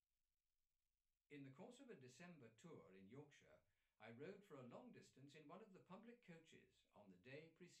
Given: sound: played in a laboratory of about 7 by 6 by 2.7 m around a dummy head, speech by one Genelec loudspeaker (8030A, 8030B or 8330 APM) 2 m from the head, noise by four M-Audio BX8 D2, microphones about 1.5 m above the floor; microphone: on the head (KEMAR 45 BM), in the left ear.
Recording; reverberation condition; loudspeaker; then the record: male speech in English; low; 90 degrees to the right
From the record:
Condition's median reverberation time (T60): about 310 ms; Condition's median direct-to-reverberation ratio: about 3.5 dB